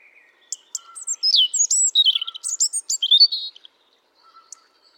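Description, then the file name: European robin song: a rapid, varied phrase of high, thin whistles and twitters sliding down and up, lasting about three seconds. "Erithacus rubecula"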